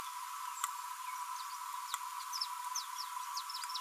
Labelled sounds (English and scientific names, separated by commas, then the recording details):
Green-rumped Parrotlet (Forpus passerinus) babbling
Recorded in a nest box in Venezuela
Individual 18B25A4